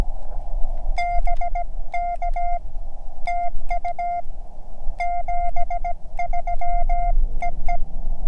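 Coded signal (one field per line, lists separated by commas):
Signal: Morse code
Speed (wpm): 17 wpm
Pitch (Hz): 720 Hz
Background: none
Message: BK TU 73 EE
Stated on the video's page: CW during a park activation at Cheyenne Mountain State Park by an operator learning Morse.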